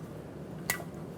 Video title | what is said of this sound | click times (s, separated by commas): Remove & Install Oil Tank on Harley Davidson - Motorcycle Biker Podcast | hear it snap you hear those remember you pinch those connectors to pull them out | 0.7 s